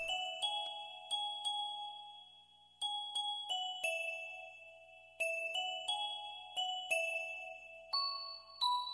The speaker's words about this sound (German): Was war das gewesen? Und was war das für ein wirres Glockengeklingel?